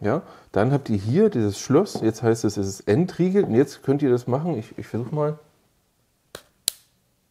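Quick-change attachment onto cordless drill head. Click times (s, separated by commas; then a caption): 6.7 s. Someone talks for about five seconds while a quick-change attachment is pushed onto the head of a 12 V cordless drill-driver after its collar has been unlocked. After a short quiet gap and a faint tick at 6.4 s, a sharp click sounds at 6.7 s, and the attachment is locked and rock solid.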